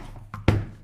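The AK-style magazine release on an airsoft sniper rifle is worked, and the short plastic magazine drops free of the magazine well. A lighter click at 0.3 seconds is followed by a sharp, louder knock at 0.5 seconds with a brief low ring, and a faint tick at the very end. The magazine is released and drops out.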